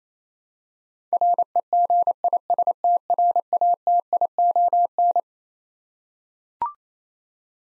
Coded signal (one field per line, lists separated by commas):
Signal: Morse code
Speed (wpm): 28 wpm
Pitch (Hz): 700 Hz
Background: none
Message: REGISTRATION